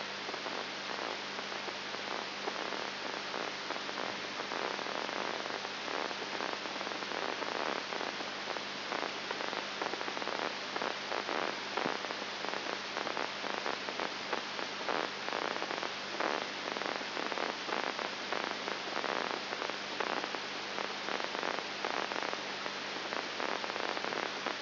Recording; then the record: brain microelectrode recording played as sound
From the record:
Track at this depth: outside the subthalamic nucleus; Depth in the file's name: 7.099 mm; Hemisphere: left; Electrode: 3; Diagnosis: Parkinson's disease